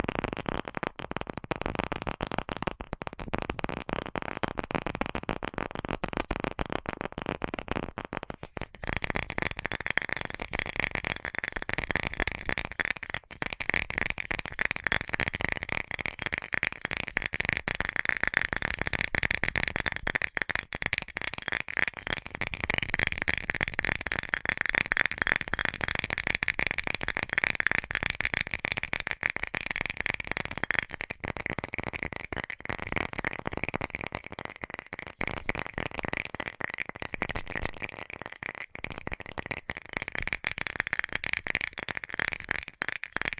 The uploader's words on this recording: ASMR 10 Levels of Tapping Tingle Immunity Treatment No Talking.